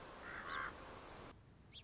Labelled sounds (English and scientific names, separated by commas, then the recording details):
Song Sparrow (Melospiza melodia)
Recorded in Sonoma County, California